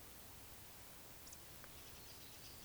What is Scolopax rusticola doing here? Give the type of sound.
whistle